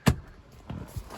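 The folded rear seat backrest of a Porsche Cayenne 3.0 TD V6 TiptronicS is raised after pressing the release and clipped back into its latch, a job that may need two hands. A sharp, loud latching click lands at 0.1 s, followed by softer knocks around 0.7 s and 1.0 s. The backrest seats in place.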